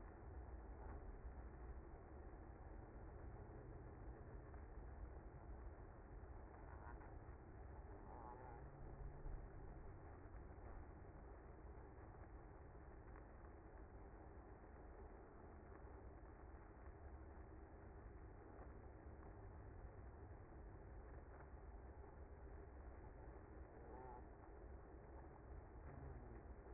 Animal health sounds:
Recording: honeybee colony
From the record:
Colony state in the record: active

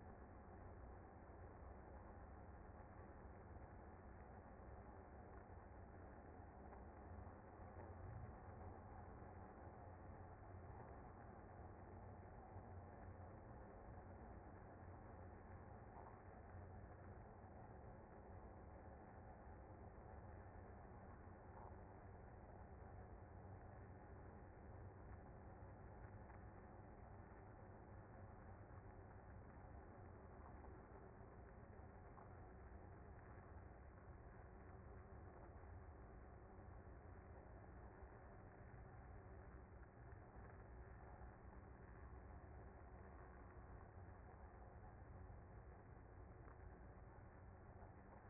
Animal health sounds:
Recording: honeybee colony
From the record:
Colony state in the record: active

